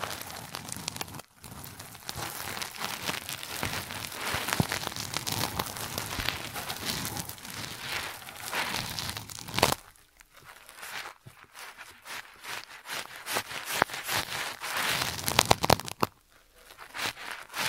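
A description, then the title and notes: An ASMR ear treatment: dense, crackly rustling fills the first ten seconds like steady rain on a surface. After a brief drop, the sound breaks into sparser, uneven bursts of crinkling and scratching with short silent gaps, and a few sharp clicks near the end. ASMR 3D Brain Penetrating Ear Treatment.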